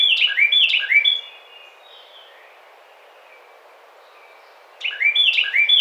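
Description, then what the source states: Carolina wren belting out a rapid string of repeated slurred whistled phrases, pausing several seconds before starting again. Recorded 25 May 2009.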